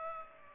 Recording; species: mosquito wingbeat signal from an infrared sensor; Culex pipiens